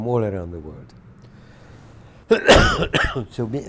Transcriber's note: coughs